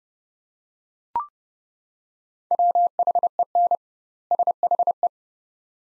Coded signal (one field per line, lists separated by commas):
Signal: Morse code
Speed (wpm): 29 wpm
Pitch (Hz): 700 Hz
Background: none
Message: WHEN SHE